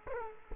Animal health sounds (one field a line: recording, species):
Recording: mosquito wingbeat signal from an infrared sensor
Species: Culex quinquefasciatus